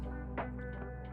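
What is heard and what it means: A loose plastic part that had been falling out with no tension is worked back into an old Tyco HP2 HO slot car chassis, with a soft handling scuff near 0.4 s over steady background music. Nothing has seated or clicked yet.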